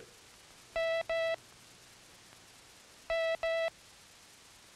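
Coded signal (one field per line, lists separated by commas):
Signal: none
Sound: vintage training film music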